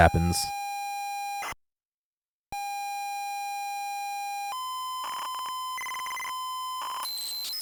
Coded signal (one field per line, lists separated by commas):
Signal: ZX Spectrum tape loading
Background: speech